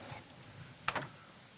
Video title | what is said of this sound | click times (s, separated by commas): SOLD! 36ft 400hp 4 Slide 2008 Holiday Rambler Endeavor 36QDP $89995! | locks in place | 0.9 s